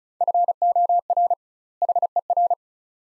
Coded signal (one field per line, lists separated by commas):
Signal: Morse code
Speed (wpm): 36 wpm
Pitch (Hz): 700 Hz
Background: none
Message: FOR HER